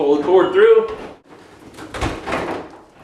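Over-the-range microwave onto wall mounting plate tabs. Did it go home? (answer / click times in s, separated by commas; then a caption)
yes / 1.9 s. An over-the-range microwave is tilted up and its back edge rested onto the small tabs of a metal wall mounting plate while someone talks. The rear slots click onto the mounting plate tabs at 1.9 s, a sudden low thump with a broadband rattle, and the microwave is seated.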